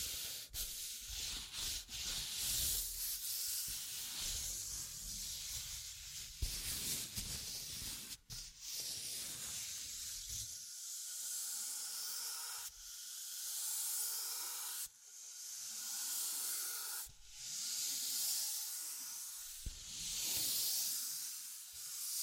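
Scratching and rubbing strokes sweep in bright, hissy waves every few seconds, with sharp taps near 0.5, 8, and 20 seconds.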